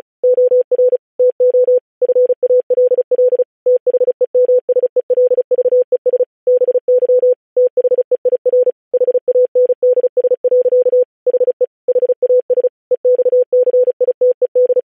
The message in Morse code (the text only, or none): OR TO FALL THEMSELVES BY THEIR HANDS. HE HAS EXCITED